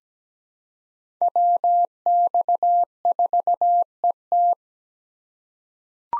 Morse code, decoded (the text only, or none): WX4ET